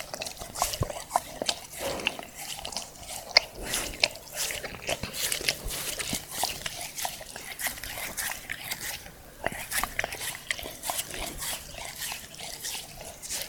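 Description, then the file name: Dog licking, steady wet laps and smacks repeated several times a second, with occasional sharper clicks and brief gaps. Dog licking the recordist's hand. "dog licking my hand"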